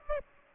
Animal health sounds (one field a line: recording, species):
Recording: mosquito wingbeat signal from an infrared sensor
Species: Aedes aegypti